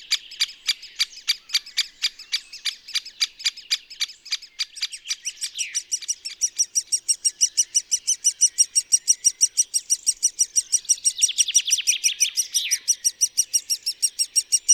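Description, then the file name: Great spotted woodpecker calling: a long run of sharp, high ticking notes about three to four per second, with another bird's short chirping phrases overlapping. "pic epeiche"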